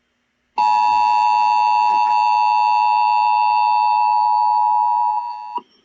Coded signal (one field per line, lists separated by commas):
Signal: Emergency Alert System (SAME) tones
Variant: 853 and 960 Hz attention tone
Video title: EAS 3414 IMMEDIATE EVACUATION FOR EAGLE, CO...